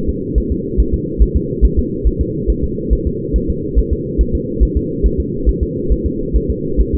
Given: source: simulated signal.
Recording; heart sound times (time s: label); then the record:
fetal heart sounds
0.09 s: S2
0.38 s: S1
0.52 s: S2
0.80 s: S1
0.94 s: S2
1.22 s: S1
1.36 s: S2
1.65 s: S1
1.79 s: S2
2.07 s: S1
2.21 s: S2
2.50 s: S1
2.64 s: S2
2.93 s: S1
3.07 s: S2
3.36 s: S1
3.50 s: S2
3.79 s: S1
3.93 s: S2
4.21 s: S1
4.35 s: S2
4.63 s: S1
4.77 s: S2
5.06 s: S1
5.20 s: S2
5.49 s: S1
5.63 s: S2
5.92 s: S1
6.06 s: S2
6.36 s: S1
6.50 s: S2
6.81 s: S1
6.95 s: S2
From the record:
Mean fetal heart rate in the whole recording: 140 bpm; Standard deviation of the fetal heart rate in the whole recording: 2 bpm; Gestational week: 34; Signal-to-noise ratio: -6.6 dB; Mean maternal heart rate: 72 bpm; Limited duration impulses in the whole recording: present